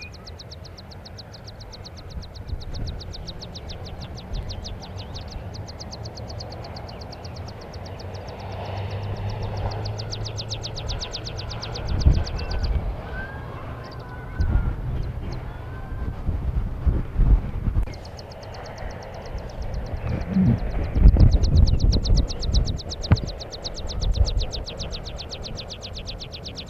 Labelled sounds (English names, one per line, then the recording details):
Meadow Pipit
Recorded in the wild
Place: Stolberg, Nordrhein-Westfalen, DE
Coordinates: 50.74, 6.24
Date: 1985-06-28
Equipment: Sony WM-D6C, Big Ear
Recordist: Skiba, Reinald
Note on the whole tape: Am höchstem Punkt des Breinigerberg, Unmittelbar am Denkmal